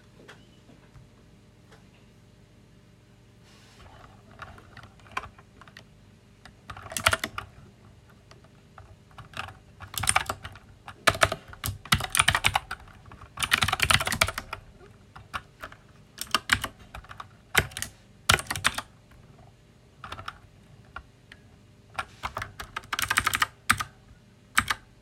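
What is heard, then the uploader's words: A loud mechanical keyboard is typed on at close range, keys clacking in quick irregular bursts with short pauses between. The typing starts sparse, then grows denser and louder from about seven seconds on, with sharp bright clicks over a faint low hum. You will hear a close-up recording of me working with a loud mechanical keyboard.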